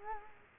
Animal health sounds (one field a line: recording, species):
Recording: mosquito wingbeat signal from an infrared sensor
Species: Culex quinquefasciatus